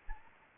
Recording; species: mosquito wingbeat signal from an infrared sensor; Anopheles gambiae